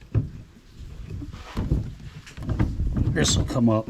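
A metal-frame pedestal boat seat on its adjustable pedestal is handled to raise it to a higher position while someone talks. A few short knocks and rattles occur around 2.4–3.0 s. The clip ends before the height adjuster locks, so nothing has seated or clicked yet.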